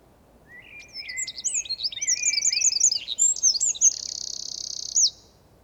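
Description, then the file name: Eurasian wren song, a rapid, loud, high-pitched outpouring of varied trills and warbled notes lasting about five seconds, ending in a fast, even buzzing trill. "Troglodytes troglodytes"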